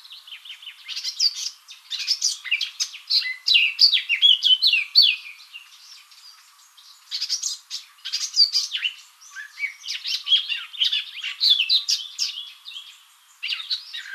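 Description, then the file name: Eurasian blackcap delivering fast, jumbled warbling phrases of twittering and scratchy notes, with several brief breaks between bursts of song. "Sylvia atricapilla"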